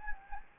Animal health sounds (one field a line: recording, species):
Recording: mosquito wingbeat signal from an infrared sensor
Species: Anopheles gambiae